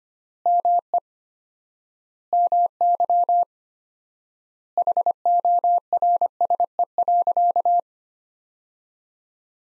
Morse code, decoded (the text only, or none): ME MY HORSE.